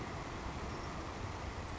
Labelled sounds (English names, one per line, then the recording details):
Savannah Sparrow
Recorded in Sonoma County, California